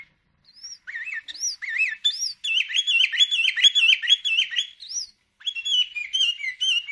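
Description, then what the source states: Sooty-headed bulbul song, opening with separate rising whistles, then a dense, rapid twittering stream of wavering notes, a short silence, and more chattering. Bird described with the Indonesian term gacor, meaning in full, vigorous song.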